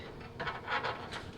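A plastic wire connector is set in at the back of the gas valve and pushed onto the gas valve coil of a GE clothes dryer during a natural gas to propane conversion. Soft rubbing and scraping bursts are heard at about 0.4, 0.8 and 1.1 seconds over a low steady background. Nothing has seated or clicked yet.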